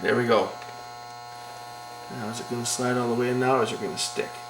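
The plastic disc tray assembly of a Pioneer DVL700 player is being handled and slid toward the player chassis during a loading belt replacement. A steady electrical hum runs underneath while someone talks. Nothing has seated or clicked yet: the tray's lock tabs have not engaged in the chassis.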